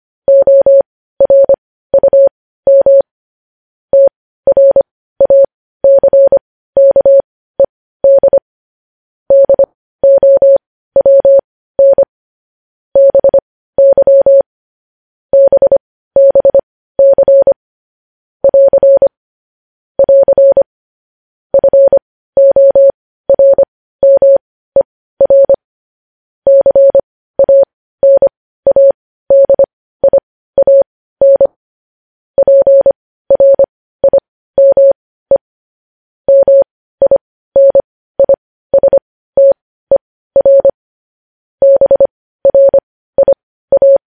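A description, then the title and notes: Morse code tapped out as a single steady mid-pitched tone, switching on and off in short dots and longer dashes. The beeps come in quick groups separated by brief pauses, continuing evenly for the whole length against a silent background. Morse code.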